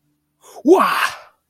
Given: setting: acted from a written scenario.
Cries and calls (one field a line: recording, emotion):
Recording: vocal sound without words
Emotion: positive surprise